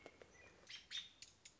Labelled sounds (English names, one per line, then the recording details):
American Robin
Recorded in Sonoma County, California